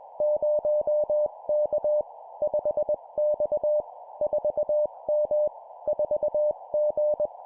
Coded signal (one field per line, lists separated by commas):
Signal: Morse code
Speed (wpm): 20 wpm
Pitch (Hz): 600 Hz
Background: none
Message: 0K 5X 4M 4G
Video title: 20wpm Two number letter words, CW morse code Copy Speed improvement